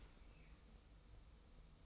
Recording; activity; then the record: daily activity, microphone in the room; open dishwasher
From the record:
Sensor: 1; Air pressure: 990.5 hPa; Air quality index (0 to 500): 178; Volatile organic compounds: 1000 ppm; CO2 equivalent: 6576 ppm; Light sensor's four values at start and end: 24/57/24/26 and 24/57/24/26